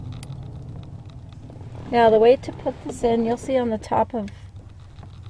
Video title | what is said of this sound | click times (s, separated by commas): How to Install Door Lock Switches on 1997 Saturn SC2 | All you do is you just push that in until it snaps. | 0.2 s